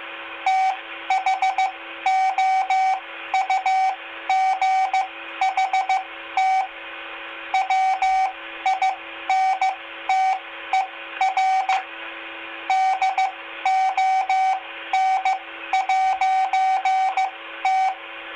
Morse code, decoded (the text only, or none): THOUGHT WINTER DON'T